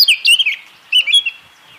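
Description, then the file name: Eurasian blackcap: two brief, loud bursts of liquid, fluted whistling notes separated by a short pause. "Sylvia atricapilla"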